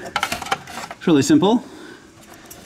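A wiring plug with a small pressure clip is handled at the back of a new LED fog light bulb in the bumper housing of a BMW F3X series car, with light plastic taps and handling noises in the first half second. Someone talks briefly in the middle. Nothing has seated or clicked yet; the plug is not yet home.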